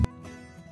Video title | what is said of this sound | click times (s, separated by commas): GrowBox Complete Setup Steps 1 5 | now what you want to do next is push these little tabs down until they click into their lock | 0.0 s